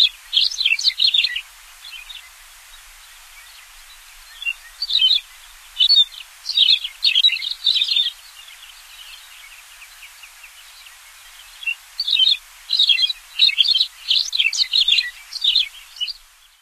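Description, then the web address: McCown's longspur song: bright tinkling, twittering phrases of high jumbled notes, delivered in bursts with short pauses between them. "Songs of Birds of North America Stokes. Mc Cowns Longspur"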